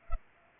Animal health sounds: mosquito wingbeat signal from an infrared sensor; Culex pipiens

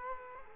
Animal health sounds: mosquito wingbeat signal from an infrared sensor; Culex quinquefasciatus

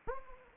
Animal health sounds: mosquito wingbeat signal from an infrared sensor; Anopheles gambiae

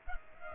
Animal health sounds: mosquito wingbeat signal from an infrared sensor; Culex pipiens

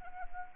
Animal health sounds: mosquito wingbeat signal from an infrared sensor; Anopheles arabiensis

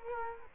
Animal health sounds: mosquito wingbeat signal from an infrared sensor; Culex quinquefasciatus

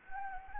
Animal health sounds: mosquito wingbeat signal from an infrared sensor; Anopheles gambiae

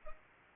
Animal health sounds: mosquito wingbeat signal from an infrared sensor; Culex pipiens

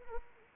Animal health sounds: mosquito wingbeat signal from an infrared sensor; Anopheles arabiensis

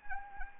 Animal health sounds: mosquito wingbeat signal from an infrared sensor; Anopheles arabiensis

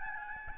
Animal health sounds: mosquito wingbeat signal from an infrared sensor; Aedes albopictus

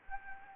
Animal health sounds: mosquito wingbeat signal from an infrared sensor; Anopheles gambiae

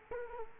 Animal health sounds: mosquito wingbeat signal from an infrared sensor; Culex quinquefasciatus

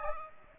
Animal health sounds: mosquito wingbeat signal from an infrared sensor; Aedes aegypti

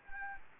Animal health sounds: mosquito wingbeat signal from an infrared sensor; Anopheles gambiae

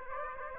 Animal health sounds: mosquito wingbeat signal from an infrared sensor; Aedes aegypti

